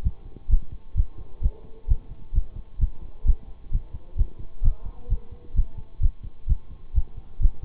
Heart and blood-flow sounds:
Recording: heart sounds by stethoscope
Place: between the tricuspid and mitral areas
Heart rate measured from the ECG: 130 bpm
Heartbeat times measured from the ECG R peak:
0.03 s: heartbeat
0.49 s: heartbeat
0.95 s: heartbeat
1.41 s: heartbeat
1.88 s: heartbeat
2.33 s: heartbeat
2.79 s: heartbeat
3.25 s: heartbeat
3.71 s: heartbeat
4.16 s: heartbeat
4.62 s: heartbeat
5.09 s: heartbeat
5.55 s: heartbeat
6.01 s: heartbeat
6.47 s: heartbeat
6.94 s: heartbeat
7.40 s: heartbeat
From the record:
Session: bicycle stress test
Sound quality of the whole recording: good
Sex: male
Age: 26 years

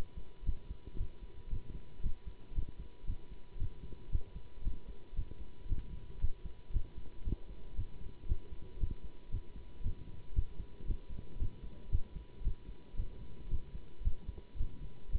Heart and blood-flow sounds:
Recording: heart sounds by stethoscope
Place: between the tricuspid and mitral areas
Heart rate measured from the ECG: 115 bpm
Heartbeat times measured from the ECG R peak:
0.44 s: heartbeat
0.96 s: heartbeat
1.49 s: heartbeat
2.01 s: heartbeat
2.53 s: heartbeat
3.05 s: heartbeat
3.57 s: heartbeat
4.10 s: heartbeat
4.62 s: heartbeat
5.14 s: heartbeat
5.67 s: heartbeat
6.19 s: heartbeat
6.71 s: heartbeat
7.23 s: heartbeat
7.75 s: heartbeat
8.27 s: heartbeat
8.78 s: heartbeat
9.30 s: heartbeat
9.82 s: heartbeat
10.34 s: heartbeat
10.86 s: heartbeat
11.38 s: heartbeat
11.90 s: heartbeat
12.42 s: heartbeat
12.95 s: heartbeat
13.49 s: heartbeat
14.02 s: heartbeat
14.56 s: heartbeat
15.10 s: heartbeat
From the record:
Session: Bruce protocol treadmill stress test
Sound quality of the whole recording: good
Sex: male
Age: 24 years

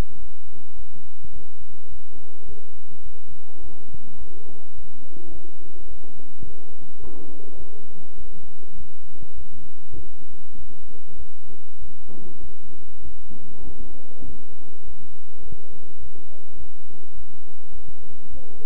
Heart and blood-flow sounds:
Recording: heart sounds by stethoscope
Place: between the tricuspid and mitral areas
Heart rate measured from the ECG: 103 bpm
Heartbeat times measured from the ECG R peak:
0.19 s: heartbeat
0.76 s: heartbeat
1.32 s: heartbeat
1.89 s: heartbeat
2.46 s: heartbeat
3.03 s: heartbeat
3.61 s: heartbeat
4.18 s: heartbeat
4.75 s: heartbeat
5.32 s: heartbeat
5.88 s: heartbeat
6.44 s: heartbeat
7.00 s: heartbeat
7.57 s: heartbeat
8.15 s: heartbeat
8.75 s: heartbeat
9.34 s: heartbeat
9.94 s: heartbeat
10.55 s: heartbeat
11.16 s: heartbeat
11.78 s: heartbeat
12.40 s: heartbeat
13.02 s: heartbeat
13.64 s: heartbeat
14.25 s: heartbeat
14.84 s: heartbeat
15.42 s: heartbeat
15.99 s: heartbeat
16.57 s: heartbeat
17.15 s: heartbeat
17.72 s: heartbeat
18.30 s: heartbeat
From the record:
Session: bicycle stress test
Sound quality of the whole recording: good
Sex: male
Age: 23 years

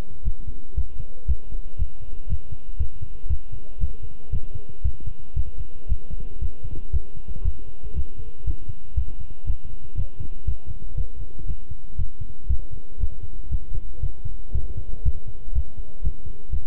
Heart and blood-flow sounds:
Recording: heart sounds by stethoscope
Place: between the tricuspid and mitral areas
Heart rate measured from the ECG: 118 bpm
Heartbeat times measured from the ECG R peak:
0.25 s: heartbeat
0.77 s: heartbeat
1.28 s: heartbeat
1.79 s: heartbeat
2.29 s: heartbeat
2.79 s: heartbeat
3.29 s: heartbeat
3.80 s: heartbeat
4.32 s: heartbeat
4.84 s: heartbeat
5.36 s: heartbeat
5.89 s: heartbeat
6.41 s: heartbeat
6.93 s: heartbeat
7.44 s: heartbeat
7.95 s: heartbeat
8.46 s: heartbeat
8.96 s: heartbeat
9.47 s: heartbeat
9.97 s: heartbeat
10.47 s: heartbeat
10.97 s: heartbeat
11.48 s: heartbeat
11.98 s: heartbeat
12.49 s: heartbeat
13.00 s: heartbeat
13.51 s: heartbeat
14.02 s: heartbeat
14.54 s: heartbeat
15.05 s: heartbeat
15.55 s: heartbeat
16.04 s: heartbeat
16.52 s: heartbeat
From the record:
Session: walking at 3.7 km/h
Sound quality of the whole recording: good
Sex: male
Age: 25 years

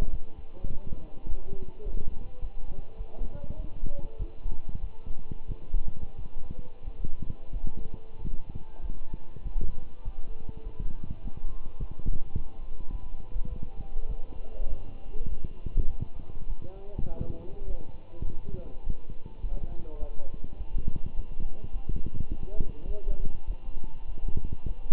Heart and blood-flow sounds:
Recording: heart sounds by stethoscope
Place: between the tricuspid and mitral areas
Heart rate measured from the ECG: 100 bpm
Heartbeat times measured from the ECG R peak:
0.12 s: heartbeat
0.70 s: heartbeat
1.28 s: heartbeat
1.85 s: heartbeat
2.41 s: heartbeat
2.98 s: heartbeat
3.57 s: heartbeat
4.19 s: heartbeat
4.81 s: heartbeat
5.48 s: heartbeat
6.18 s: heartbeat
6.85 s: heartbeat
7.53 s: heartbeat
8.18 s: heartbeat
8.82 s: heartbeat
9.44 s: heartbeat
10.04 s: heartbeat
10.64 s: heartbeat
11.22 s: heartbeat
11.79 s: heartbeat
12.36 s: heartbeat
12.92 s: heartbeat
13.50 s: heartbeat
14.09 s: heartbeat
14.69 s: heartbeat
15.30 s: heartbeat
15.89 s: heartbeat
16.48 s: heartbeat
17.08 s: heartbeat
17.67 s: heartbeat
18.26 s: heartbeat
18.84 s: heartbeat
19.42 s: heartbeat
20.00 s: heartbeat
20.58 s: heartbeat
21.16 s: heartbeat
21.73 s: heartbeat
22.30 s: heartbeat
22.88 s: heartbeat
23.47 s: heartbeat
24.07 s: heartbeat
24.68 s: heartbeat
From the record:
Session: walking at 3.7 km/h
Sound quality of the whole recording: good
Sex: male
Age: 24 years

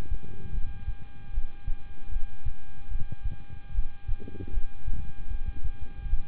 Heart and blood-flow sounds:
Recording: heart sounds by stethoscope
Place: between the tricuspid and mitral areas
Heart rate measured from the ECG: 76 bpm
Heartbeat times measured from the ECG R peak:
0.52 s: heartbeat
1.31 s: heartbeat
2.10 s: heartbeat
2.89 s: heartbeat
3.72 s: heartbeat
4.51 s: heartbeat
5.28 s: heartbeat
6.07 s: heartbeat
From the record:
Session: rest, lying down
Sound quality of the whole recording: good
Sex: male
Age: 26 years

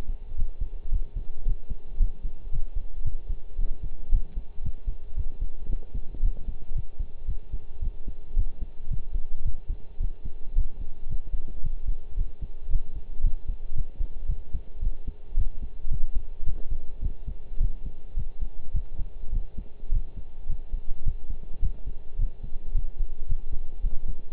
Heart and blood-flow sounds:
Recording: heart sounds by stethoscope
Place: between the tricuspid and mitral areas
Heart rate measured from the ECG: 110 bpm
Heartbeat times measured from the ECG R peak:
0.38 s: heartbeat
0.91 s: heartbeat
1.45 s: heartbeat
1.99 s: heartbeat
2.52 s: heartbeat
3.05 s: heartbeat
3.58 s: heartbeat
4.12 s: heartbeat
4.64 s: heartbeat
5.16 s: heartbeat
5.69 s: heartbeat
6.22 s: heartbeat
6.75 s: heartbeat
7.28 s: heartbeat
7.81 s: heartbeat
8.36 s: heartbeat
8.90 s: heartbeat
9.45 s: heartbeat
10.00 s: heartbeat
10.55 s: heartbeat
11.09 s: heartbeat
11.64 s: heartbeat
12.17 s: heartbeat
12.70 s: heartbeat
13.23 s: heartbeat
13.76 s: heartbeat
14.29 s: heartbeat
14.82 s: heartbeat
15.36 s: heartbeat
15.91 s: heartbeat
16.46 s: heartbeat
17.02 s: heartbeat
17.60 s: heartbeat
18.17 s: heartbeat
18.74 s: heartbeat
19.33 s: heartbeat
19.92 s: heartbeat
20.49 s: heartbeat
21.06 s: heartbeat
21.62 s: heartbeat
22.18 s: heartbeat
22.74 s: heartbeat
23.29 s: heartbeat
23.83 s: heartbeat
From the record:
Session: pedaling a stationary bicycle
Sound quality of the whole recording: partially saturated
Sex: male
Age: 23 years

